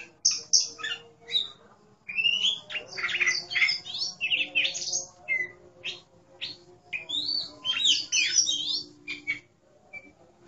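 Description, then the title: Oriental magpie-robin song with loud whistled notes, harsh squawky chatter and rapid mixed phrases, broken by a brief pause near the start. "Kacer5"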